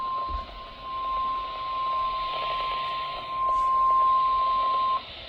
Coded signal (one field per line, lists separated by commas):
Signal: Emergency Alert System (SAME) tones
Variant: 1050 Hz attention tone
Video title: Severe Thunderstorm Warning on WXJ53 (EAS Alert #57) - 6/19/19